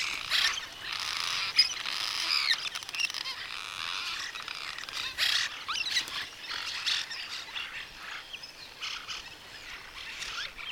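Bird chorus of many overlapping high twittering notes and chirps, louder in the first half, then thinner bursts later.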